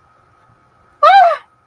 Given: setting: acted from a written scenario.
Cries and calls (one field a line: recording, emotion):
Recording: vocal sound without words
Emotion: fear